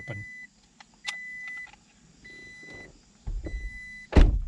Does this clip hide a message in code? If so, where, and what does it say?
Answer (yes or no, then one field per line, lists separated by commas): no